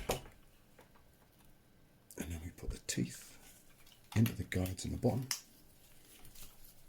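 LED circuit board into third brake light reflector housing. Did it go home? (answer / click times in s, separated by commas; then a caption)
no / none. An LED circuit board is refitted into the plastic reflector of a Peugeot RCZ third brake light, with its teeth being placed into the guides at the bottom before it is twisted firmly to snap in. Someone talks while brief handling knocks and rustles are heard, strongest around 4.2 s. The board is only being positioned here, and nothing has snapped into place yet.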